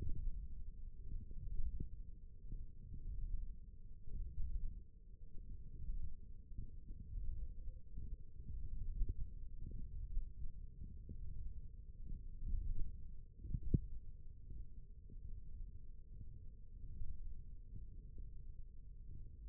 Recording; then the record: forearm muscle sounds (acoustic myography)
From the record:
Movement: thumb flexion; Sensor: system 1, eight BSWA MPA416 microphones around the upper forearm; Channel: 4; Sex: male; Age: 20 years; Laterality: left